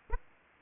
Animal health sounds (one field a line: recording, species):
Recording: mosquito wingbeat signal from an infrared sensor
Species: Aedes aegypti